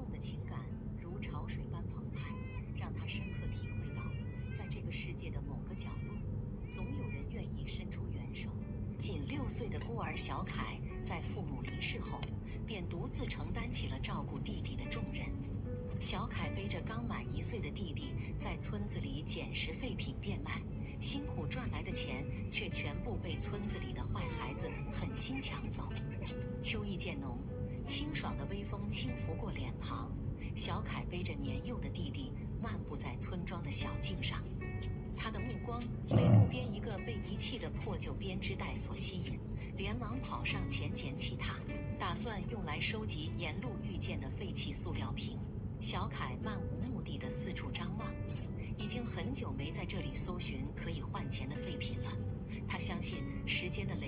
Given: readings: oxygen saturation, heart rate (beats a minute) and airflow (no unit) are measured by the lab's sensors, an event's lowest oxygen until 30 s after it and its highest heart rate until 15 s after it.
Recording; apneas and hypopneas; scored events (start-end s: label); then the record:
a person awake in a sleep study, by a smartphone at the bedside; none
0.00-54.08 s: awake
From the record:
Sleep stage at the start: awake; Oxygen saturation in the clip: 94 to 96%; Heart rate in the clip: 70 to 75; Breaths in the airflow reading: 13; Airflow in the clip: -3.7 to 4.7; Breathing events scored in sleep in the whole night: 131 in 7.2 hours asleep